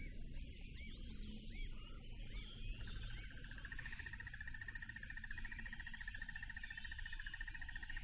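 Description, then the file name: Crickets drone loudly over a rushing low background, with a few arched bird whistles early and a fast pulsing insect trill from about three seconds on. Loud crickets by a tropical river. "smartsound ATMO NATURE Tropical River Loud Crickets"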